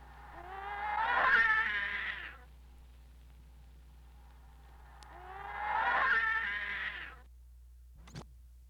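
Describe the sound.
Cat meows, processed: two long, smeared harmonic wails of about two seconds each, a few seconds apart, with a faint click after each and a low steady hum beneath.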